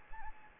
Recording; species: mosquito wingbeat signal from an infrared sensor; Anopheles gambiae